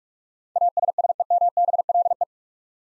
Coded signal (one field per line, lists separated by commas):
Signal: Morse code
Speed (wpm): 44 wpm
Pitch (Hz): 700 Hz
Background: none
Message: ASSEMBLE